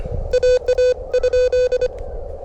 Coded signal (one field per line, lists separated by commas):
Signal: Morse code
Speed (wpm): 25 wpm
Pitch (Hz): 1500 Hz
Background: none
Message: AA?